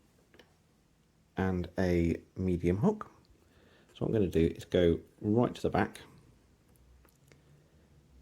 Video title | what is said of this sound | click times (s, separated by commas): Six pin challenge lock picked (again) and gutted | and lift pin six there we go little click pin six is a serated pin | 7.3 s